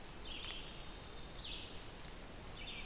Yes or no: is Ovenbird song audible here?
no